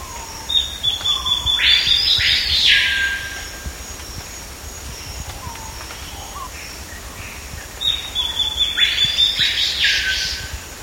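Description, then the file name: Bird calls: two bouts, each a rapid high ticking run ending in a harsh, buzzy rasp, separated by several seconds of quieter scattered notes. "SABIOD 50 bird 2015"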